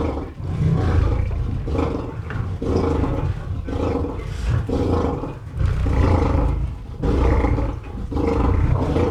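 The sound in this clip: Lion roaring in a steady series of deep grunts, a heavy low rumble with brief gaps between bursts.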